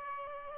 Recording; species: mosquito wingbeat signal from an infrared sensor; Aedes albopictus